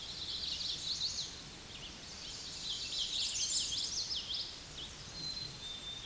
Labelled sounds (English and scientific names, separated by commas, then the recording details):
Common Yellowthroat (Geothlypis trichas) song
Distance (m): 40 m
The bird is about 15 m above the microphone
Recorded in a Pennsylvania forest on 16 May 2024 at 08:19
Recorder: AudioMoth, point MSD-2453
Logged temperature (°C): 16.3 °C
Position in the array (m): 233 m, 190 m